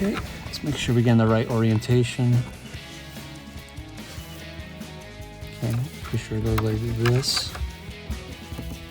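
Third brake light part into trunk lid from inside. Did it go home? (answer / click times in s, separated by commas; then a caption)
no / none. A third brake light assembly for a 2015–2018 Ford Mustang is handled and oriented from inside the trunk lid, ready to be pushed into place. Someone talks while music plays in the background. The part has not seated or clipped in yet when the clip ends.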